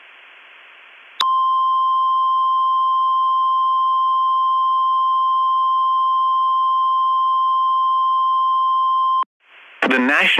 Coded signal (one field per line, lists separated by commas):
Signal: Emergency Alert System (SAME) tones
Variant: 1050 Hz attention tone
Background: speech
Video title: (EAS MOCK) 7/13/19: NW Arkansas Fist Fight